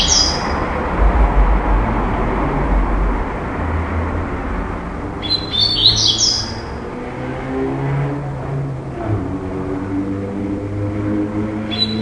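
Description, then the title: Double-collared seedeater song: two short, high, tumbling phrases about five seconds apart, then the start of a third at the very end, over steady low traffic rumble. "Canto Coleiro"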